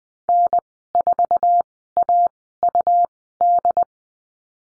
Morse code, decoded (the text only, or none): N4AUD